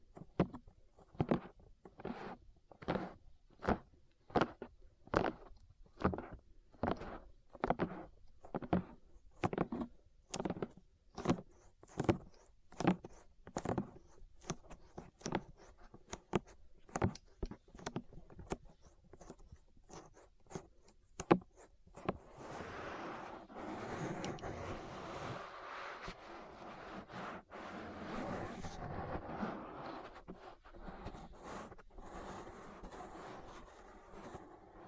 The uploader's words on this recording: ASMR Relaxing Ear Massage. (No Talking).